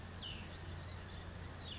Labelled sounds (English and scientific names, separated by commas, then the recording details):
Cassin's Vireo (Vireo cassinii)
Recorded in Sonoma County, California